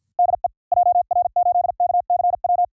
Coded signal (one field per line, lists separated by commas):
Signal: Morse code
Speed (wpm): 53 wpm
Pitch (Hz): 710 Hz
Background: none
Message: DE JR8KCW